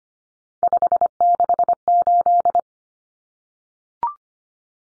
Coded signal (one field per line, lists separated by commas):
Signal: Morse code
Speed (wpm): 25 wpm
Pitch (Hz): 700 Hz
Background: none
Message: 568